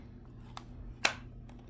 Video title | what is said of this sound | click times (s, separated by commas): How To Repair A Snapped String On A Gemmy Animated Floating Ghost | Okay, you heard a snap there. Everything is together. | 1.1 s